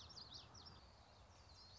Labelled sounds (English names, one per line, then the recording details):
Common Yellowthroat
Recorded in Sonoma County, California